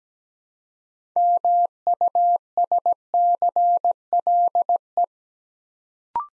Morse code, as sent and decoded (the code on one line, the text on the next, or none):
-- ..- ... -.-. .-.. .
MUSCLE